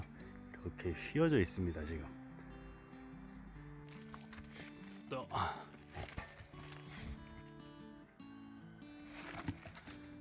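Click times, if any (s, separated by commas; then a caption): none. A gate latch on a mesh-fence gate fails to catch because the fence post has tilted and sunk, so the latch no longer lines up with its catch. Someone talks while a few soft metallic knocks are heard over background music. Nothing has seated or clicked yet.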